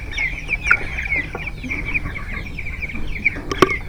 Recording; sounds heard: poultry house recording; background noise or bird activity such as feeding and pecking